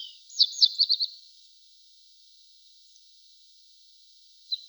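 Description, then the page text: Pine bunting delivering a short, high trill of about five quick notes, followed by a single high note near the end over a faint steady hiss. "Звук Белошапочная овсянка поет трели"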